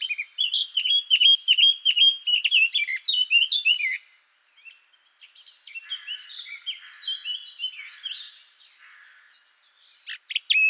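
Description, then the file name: Eurasian blackcap song opening with a strong, rich warble of clear whistled notes, then fading into softer, scratchy chattering phrases and a final loud note. "Sylvia atricapilla"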